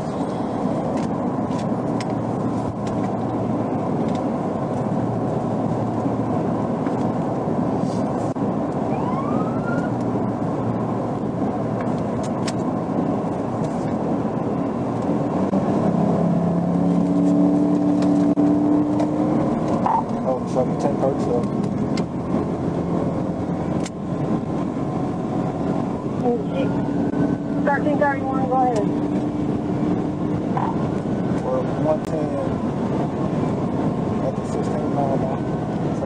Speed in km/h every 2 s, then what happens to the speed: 111, 113, 114, 114, 114, 113, 113, 114, 127, 138, 153, 158, 164, 171, 175, 180, 185, 190.
0-14 steady at about 113. 14-36 speeds up to 190.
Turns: none.